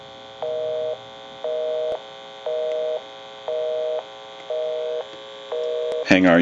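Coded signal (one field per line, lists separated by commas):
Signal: telephone call progress tone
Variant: North America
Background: speech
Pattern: busy tone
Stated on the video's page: Tones heard during initial checkout and repair of a Western Electric 202 rotary telephone with bell box.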